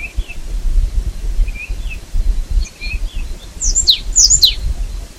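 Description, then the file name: Marsh tit giving sharp, high downslurred call notes in a quick cluster near the end, with softer, lower notes earlier, over low background noise. "Poecile palustris"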